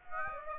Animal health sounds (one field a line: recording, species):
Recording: mosquito wingbeat signal from an infrared sensor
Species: Aedes aegypti